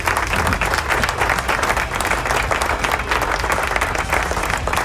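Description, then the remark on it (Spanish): A crowd applauds steadily, many hands clapping in a dense, continuous wash of sound that stays loud and even for about five seconds without any voices. “Aplauso y gracias a todas las emisoras que siempre están ahí en la retransmisión de este tremendo programa.”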